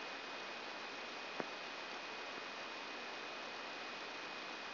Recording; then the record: brain microelectrode recording played as sound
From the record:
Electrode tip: outside the subthalamic nucleus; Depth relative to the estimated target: 2 mm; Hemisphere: left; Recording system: AlphaMap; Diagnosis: Parkinson's disease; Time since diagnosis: 11 years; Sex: female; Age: 62 years